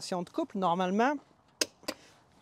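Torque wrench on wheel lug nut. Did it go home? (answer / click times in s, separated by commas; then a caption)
yes / 1.6 s. Someone talks as a torque wrench set to 90 lb-ft gives a wheel lug nut its final tightening. The wrench clicks sharply at its setting at 1.6 s, with a softer second tap at 1.9 s, and the nut is at the set torque.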